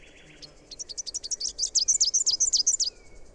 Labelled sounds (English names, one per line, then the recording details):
Rufous-capped Warbler song
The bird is a male
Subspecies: rufifrons
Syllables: 20
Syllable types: 5
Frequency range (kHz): 3.1-8.5 kHz
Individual AR-R05-M